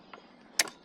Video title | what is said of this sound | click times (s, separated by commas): KUGOO KUKIRIN G2 ELECTRIC SCOOTER REVIEW | and it clicks right in place and locks in. | 0.6 s